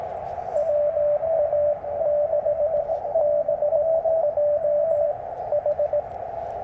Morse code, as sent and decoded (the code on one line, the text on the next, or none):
.-- .- -.... -... .--- ....
WA6BJH